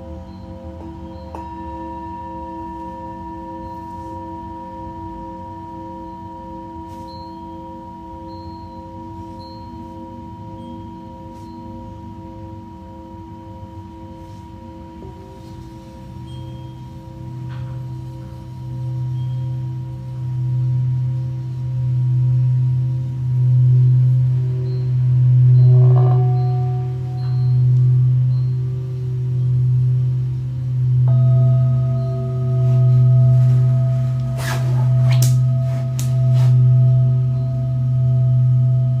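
Singing bowls hum in layered sustained tones, swelling after fifteen seconds into a slow pulsing low drone, with light metallic taps near twenty-six and thirty-five seconds.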